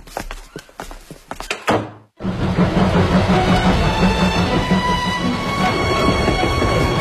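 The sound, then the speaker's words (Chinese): A few heavy clunks and knocks, a sudden brief gap, then a steady loud rumble of a passenger train running on rails toward Gaobeidian, Hebei, with a low droning hum that continues unbroken to the end. “好久没坐火车了吧？嗯，坐好了。”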